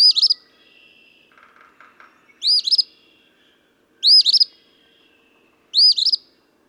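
Eastern phoebe repeats its raspy two-part song four times, with soft chirps between the first two phrases.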